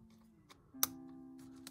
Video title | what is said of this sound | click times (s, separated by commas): Teenage Mutant Ninja Turtles HB0012 Leonardo Figure- @alstoyreview7343 | these are actually pretty long and when you plug them in you hear a little snap | 0.8 s